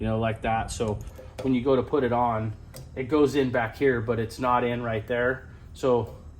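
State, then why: Not seated. Someone talks throughout while handling a new steel snap ring with snap ring pliers on the countershaft of a Toyota R150F manual transmission, with the ring to be released so it snaps into its groove. Nothing has seated or clicked yet by the end of the clip.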